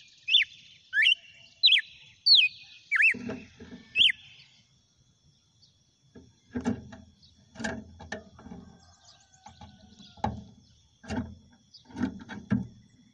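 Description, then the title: Red-cowled cardinal giving six quick slurred whistled notes, then a series of low dull thumps takes over. Female; title asks whether it is singing and 'batendo fogo'. "Canto Galo Campina Fêmea. GALO DE CAMPINA CANTANDO e BATENDO FOGO?"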